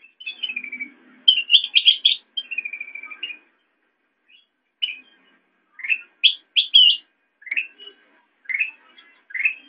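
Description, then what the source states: Sooty-headed bulbul giving short bubbly chirped phrases, bright and slightly descending, in clusters separated by brief pauses. Used for training songbirds.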